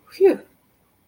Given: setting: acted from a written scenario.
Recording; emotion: vocal sound without words; relief